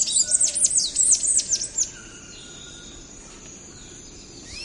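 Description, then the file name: Palm tanager song: a quick burst of high, squeaky chirps in the first two seconds, followed by a steady high insect-like whine and faint background. "canto do sanhaco do coqueiro"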